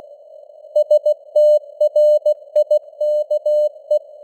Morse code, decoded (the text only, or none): STRIKE